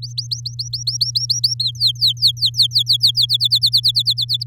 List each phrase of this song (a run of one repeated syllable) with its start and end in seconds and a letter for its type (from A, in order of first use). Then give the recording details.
0.02-1.54 A, 1.59-3.26 B, 3.29-4.44 C. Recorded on 6 May 2018 at 12:33. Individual llb16